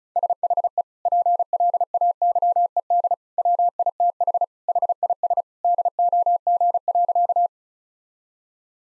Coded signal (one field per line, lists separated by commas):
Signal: Morse code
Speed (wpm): 36 wpm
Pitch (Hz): 700 Hz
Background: none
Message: SHE PLAYED WITH HIS DOG.